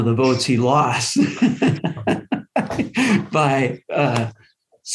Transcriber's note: laughter